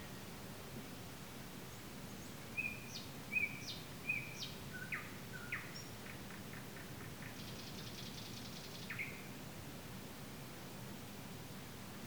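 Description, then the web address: Nightingale phrases: three whistled notes, a series of sharp descending notes, then a faint high buzzy trill and a final whistle, with steady low background noise. Recorded on 15 May 2022. "slowik-spiew-slowika-15052022"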